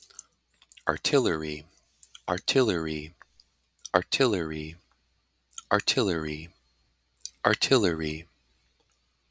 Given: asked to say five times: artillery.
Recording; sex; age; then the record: repeated word; male; 30 to 39 years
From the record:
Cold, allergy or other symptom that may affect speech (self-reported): no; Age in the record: 38 years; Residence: South Dakota, United States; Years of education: 16